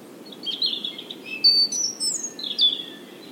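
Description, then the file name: European robin song: thin high warbling and trilled notes in quick varied phrases, with sharp high whistles, over a low steady background hiss. "Erithacus rubecula"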